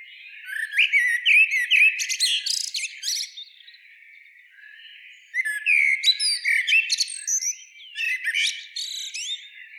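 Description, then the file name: Common blackbird giving three bouts of song, each a mellow low warble ending in scratchy high-pitched twitters, with short pauses between. "Turdus merula"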